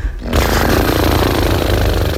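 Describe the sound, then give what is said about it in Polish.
People imitate a horse's snort as a warm-up exercise, blowing through fluttering lips and making a loud, steady, rapidly pulsing buzz that starts after a brief pause and continues unbroken for about two seconds. “Czy możemy teraz końskie chrapy ponaśladować?”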